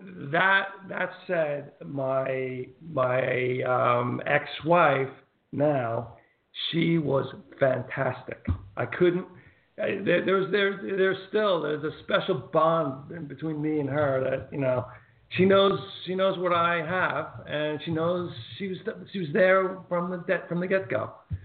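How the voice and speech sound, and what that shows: Hesitant adult male speech with pauses, repeated words and restarted phrases, fitting persistent word-finding difficulty from aphasia, years after a massive ischemic stroke.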